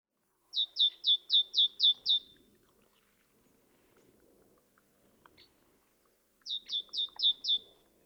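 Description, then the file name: Great tit song in two bursts of rapid, regular two-note phrases, each note sliding downward, separated by a few seconds of quiet with faint scattered clicks. "Parus major"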